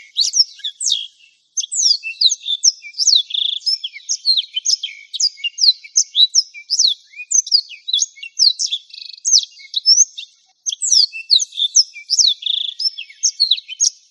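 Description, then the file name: Black-throated canary delivering a sustained, hurried twittering song of sharp high notes and trills, with two short breaks. "suara burung blackthroat"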